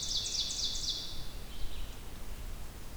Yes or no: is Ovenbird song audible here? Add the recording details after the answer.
yes. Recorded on 2 June 2016 at 08:50. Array SBT-3-7